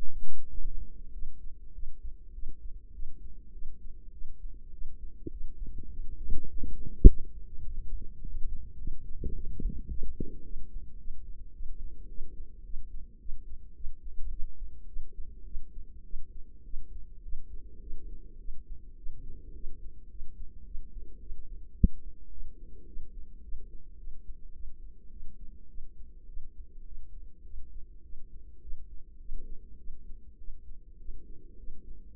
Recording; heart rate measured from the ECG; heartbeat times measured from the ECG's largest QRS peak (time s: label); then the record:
heart sounds by microphone in the left ear; 104 bpm
0.47 s: heartbeat
1.11 s: heartbeat
1.72 s: heartbeat
2.32 s: heartbeat
2.91 s: heartbeat
3.51 s: heartbeat
4.11 s: heartbeat
4.71 s: heartbeat
5.29 s: heartbeat
5.88 s: heartbeat
6.47 s: heartbeat
7.05 s: heartbeat
7.62 s: heartbeat
8.19 s: heartbeat
8.76 s: heartbeat
9.32 s: heartbeat
9.88 s: heartbeat
10.43 s: heartbeat
10.97 s: heartbeat
11.52 s: heartbeat
12.07 s: heartbeat
12.63 s: heartbeat
13.18 s: heartbeat
13.74 s: heartbeat
14.29 s: heartbeat
14.86 s: heartbeat
15.44 s: heartbeat
16.03 s: heartbeat
16.63 s: heartbeat
17.22 s: heartbeat
17.80 s: heartbeat
18.38 s: heartbeat
18.96 s: heartbeat
19.53 s: heartbeat
20.09 s: heartbeat
20.64 s: heartbeat
21.19 s: heartbeat
21.74 s: heartbeat
22.30 s: heartbeat
22.86 s: heartbeat
23.42 s: heartbeat
23.97 s: heartbeat
24.53 s: heartbeat
25.10 s: heartbeat
25.68 s: heartbeat
26.27 s: heartbeat
26.84 s: heartbeat
27.43 s: heartbeat
28.03 s: heartbeat
28.61 s: heartbeat
29.19 s: heartbeat
29.77 s: heartbeat
30.38 s: heartbeat
30.98 s: heartbeat
31.57 s: heartbeat
32.13 s: heartbeat
From the record:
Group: healthy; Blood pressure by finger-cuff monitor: 103/64 mmHg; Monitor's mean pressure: 77 mmHg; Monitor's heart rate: 104 bpm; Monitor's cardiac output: 8.2 L/min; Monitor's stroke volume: 78 mL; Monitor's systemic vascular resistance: 670 dyn s/cm5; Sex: female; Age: 22 years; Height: 157 cm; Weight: 47.6 kg